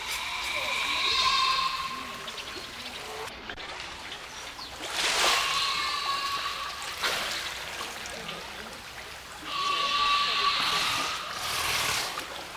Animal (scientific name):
Otaria flavescens